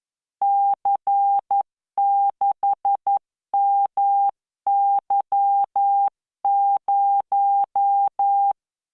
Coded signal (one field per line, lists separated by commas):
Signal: Morse code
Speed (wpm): 11 wpm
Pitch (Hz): 800 Hz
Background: none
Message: C6MY0